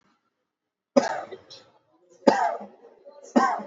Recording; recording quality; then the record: heavy voluntary cough; excellent, no background noise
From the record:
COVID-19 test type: RT-PCR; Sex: male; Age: 33 years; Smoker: no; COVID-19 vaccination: both doses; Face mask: worn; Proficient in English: yes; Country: India